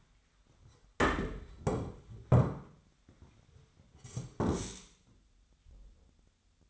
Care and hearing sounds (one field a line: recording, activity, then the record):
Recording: daily activity, microphone in the room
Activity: sit down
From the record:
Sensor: 3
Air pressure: 1007.9 hPa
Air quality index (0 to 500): 192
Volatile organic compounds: 14 ppm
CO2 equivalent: 2457 ppm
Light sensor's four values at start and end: 12/28/12/12 and 12/29/12/12